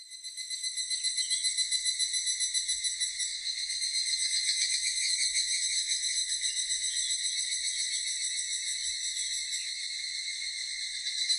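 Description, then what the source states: Evening cicada song, a shrill metallic ringing trill pulsing rapidly, building at the start and then holding fairly steady. 16 July 1997.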